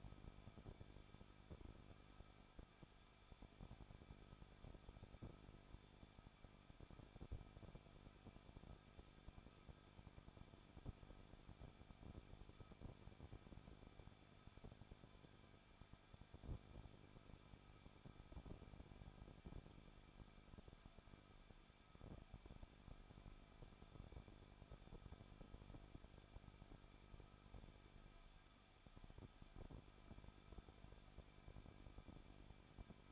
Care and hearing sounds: daily activity, microphone in the room; no activity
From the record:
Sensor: 5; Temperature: 20.8 degrees Celsius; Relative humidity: 38.2%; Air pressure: 1006.5 hPa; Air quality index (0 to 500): 186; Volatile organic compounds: 18 ppm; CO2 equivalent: 2609 ppm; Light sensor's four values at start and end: 2/3/1/1 and 2/3/1/1

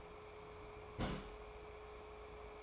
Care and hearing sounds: daily activity, microphone in the room; place on stove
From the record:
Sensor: 1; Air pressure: 1010.3 hPa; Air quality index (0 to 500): 171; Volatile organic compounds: 12 ppm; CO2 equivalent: 2359 ppm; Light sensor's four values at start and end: 63/158/67/84 and 62/157/66/83

